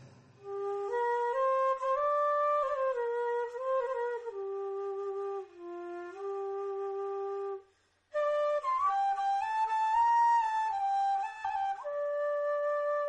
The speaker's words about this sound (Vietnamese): Đã đến giờ tan sở, con đường Sư Nguyệt Anh nằm như thảnh thơi hơn các con đường khác trong thành phố sôi động này. Bỗng nhiên trong không gian lại réo rắt tiếng sáo.